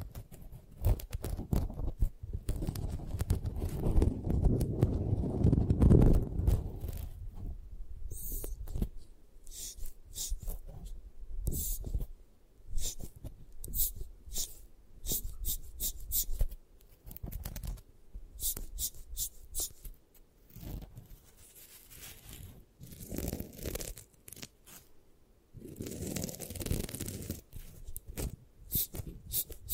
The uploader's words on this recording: ASMR Hypnotic Triggers for Sleep 3D Eye Massage, Tapping, Scratching (No Talking).